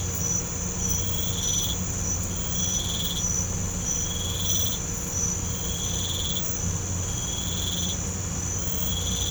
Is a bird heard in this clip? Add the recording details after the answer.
no. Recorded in pastures near Puerto Asís, Putumayo, Colombia, on 16 December 2024 at 05:00. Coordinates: 0.505, -76.324. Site G063